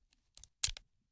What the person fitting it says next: and now it clicked in place so let me remove the other one